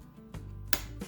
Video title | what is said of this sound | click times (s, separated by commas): DIY! How To Replace a Roomba Roller Brush / Sweeper Brush & Filter! | And then you just close the latch till it clicks. | 0.7 s